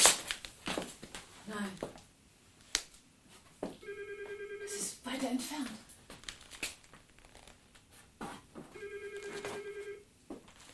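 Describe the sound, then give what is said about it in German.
A muffled telephone rings in two steady bursts, a low buzzing tone with faint higher harmonics, set among rustling, crinkling and clattering noises, with voices talking at times. “Ein paar Minuten später hörten wir ein gedämpftes Läuten.”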